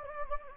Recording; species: mosquito wingbeat signal from an infrared sensor; Anopheles gambiae